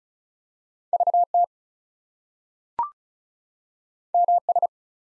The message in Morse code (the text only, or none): VT MS